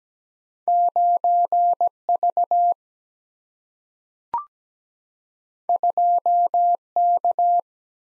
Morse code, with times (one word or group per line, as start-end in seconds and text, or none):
0.7-1.9 9
2.1-2.7 V
5.7-6.8 2
7.0-7.6 K